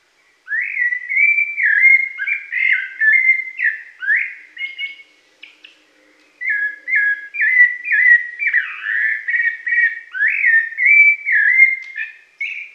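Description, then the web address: Rufous-bellied thrush singing a long series of rich whistled phrases, about two per second, with one short break midway. Pantanal, Brazil. "sescpantanal. Sabia laranjeira"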